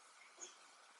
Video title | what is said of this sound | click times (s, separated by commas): Iphone 6s Plus Repair Screen | let's say you just it's going to hear the click anyway you can hear it | 0.4 s